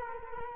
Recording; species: mosquito wingbeat signal from an infrared sensor; Culex quinquefasciatus